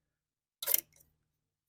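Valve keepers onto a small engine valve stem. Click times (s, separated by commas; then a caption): 0.6 s. Valve spring keepers on a small engine are pushed up against the valve stem with pliers until they pop into their groove, seating with a sharp metallic click at 0.6 s. A brief burst of bright metallic clatter follows through about 0.8 s, then a faint tick near 1.0 s before silence.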